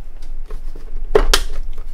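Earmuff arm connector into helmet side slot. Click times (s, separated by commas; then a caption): 1.2 s, 1.3 s. A plastic earmuff arm connector is placed into the side slot of a NoCry forestry helmet and pressed home. Two sharp clicks are heard at 1.2 s and 1.3 s over faint background handling noise. The connector seats in the slot.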